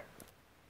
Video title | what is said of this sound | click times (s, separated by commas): Parents and Collectors Guide to Jurassic World Mattel Basic Dilohposaurus and Indoraptor | So you line up the tail with the body, and once again push until you hear the click. | 0.2 s